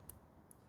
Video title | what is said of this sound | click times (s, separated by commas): XAG P150 4G Networking | and you'll hear a little click when it goes in there. | 0.1 s